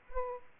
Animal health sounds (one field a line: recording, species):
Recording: mosquito wingbeat signal from an infrared sensor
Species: Aedes aegypti